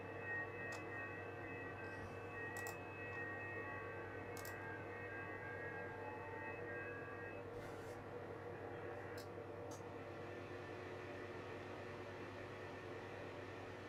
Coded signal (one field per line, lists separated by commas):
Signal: FT8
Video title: FT8 during a solar storm